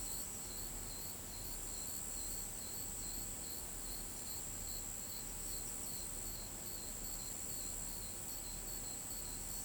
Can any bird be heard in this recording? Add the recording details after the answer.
no. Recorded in pastures near Pivijay, Magdalena, Colombia, on 18 April 2023 at 23:30. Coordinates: 10.456, -74.369. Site P6-G026